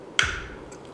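A plastic quick-release buckle for an action camera is pushed into the mounting base of a GoPro Jaws Flex Clamp and seats with one sharp click at 0.2 s. The click has to be heard on both sides, because the buckle can look locked before it sits fully flush. A quieter tick follows near 0.7 s, with no talk in the clip.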